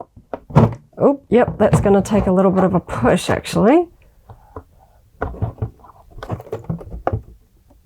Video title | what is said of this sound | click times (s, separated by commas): Young Jedi Adventures - The Crimson Firehawk - Star Wars Unboxing | it didn't click, but it feels like it's in there. | none